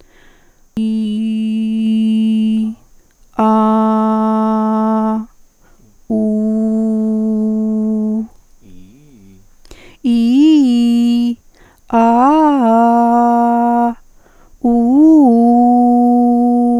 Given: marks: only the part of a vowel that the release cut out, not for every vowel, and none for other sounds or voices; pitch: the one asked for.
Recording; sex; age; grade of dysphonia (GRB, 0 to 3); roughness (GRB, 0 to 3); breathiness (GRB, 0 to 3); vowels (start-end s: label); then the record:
sustained vowels; female; 40 to 49 years; 2; 0; 0
0.82-2.56 s: vowel /i/, low pitch
3.48-5.10 s: vowel /a/, low pitch
6.18-8.10 s: vowel /u/, low pitch
10.12-11.22 s: vowel /i/, low-high-low pitch
12.00-13.47 s: vowel /a/, low-high-low pitch
14.77-16.39 s: vowel /u/, low-high-low pitch
From the record:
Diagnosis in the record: hyperfunctional dysphonia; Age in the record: 49 years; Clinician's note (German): Ponogen mit eventuell phsychogen-phonasthenischer Komponente